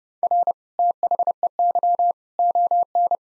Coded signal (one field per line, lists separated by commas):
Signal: Morse code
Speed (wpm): 30 wpm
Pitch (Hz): 700 Hz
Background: none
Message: R THEY ON